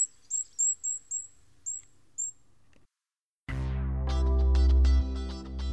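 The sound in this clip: Goldcrest giving six very high, thin, short notes, followed by a pause and then instrumental music.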